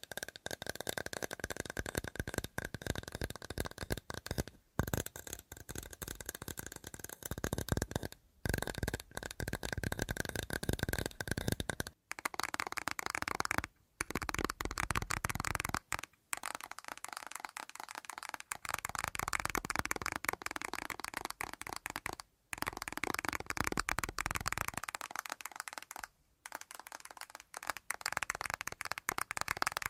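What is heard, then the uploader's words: Fast tapping runs almost nonstop as a dense, rapid patter of small clicks, like fingertips drumming or cards riffling. Brief silent gaps break it at irregular points, near 5, 8, 12, 14, 16, 22 and 26 seconds. A steady tone hums beneath the first twelve seconds. ASMR 1 Hour Fast Tapping for Sleep (No Talking).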